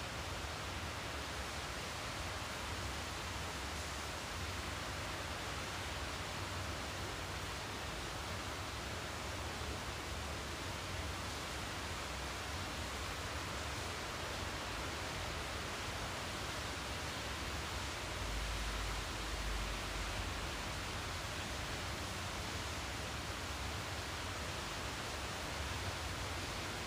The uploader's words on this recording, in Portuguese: Esse episódio é uma coleção de sons de chuva gravados por mim com o objetivo de propiciar um ambiente relaxante. Sons da chuva.